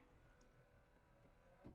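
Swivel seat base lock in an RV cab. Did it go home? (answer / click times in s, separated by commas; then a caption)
no / none. The driver's cab seat of a Winnebago Forza RV is slid back and swiveled around toward facing forward on its swivel base, with low rumbling handling noise and a brief louder thump near the very end. Nothing has locked into place yet; the swivel lock has not engaged by the end of the clip.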